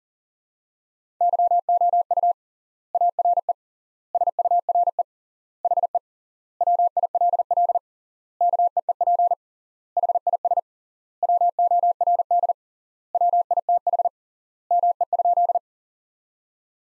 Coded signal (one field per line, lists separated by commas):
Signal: Morse code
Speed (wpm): 37 wpm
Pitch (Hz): 700 Hz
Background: none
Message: YOU ARE SURE HE WILL KEEP HIS WORD WITH ME?